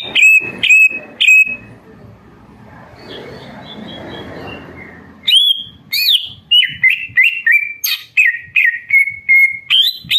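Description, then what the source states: Leafbird song: bursts of loud, clear whistled notes with sharp upslurs and downslurs, a quieter hissy gap in the middle, then rapid varied whistles repeated about three times a second. Caged-bird training recording (masteran and pancingan) of an energetic, actively singing bird.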